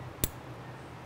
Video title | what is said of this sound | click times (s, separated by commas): Removing Rear Shock INTENSE M29 | you hear that snap you know that that circlip is positioned | 0.2 s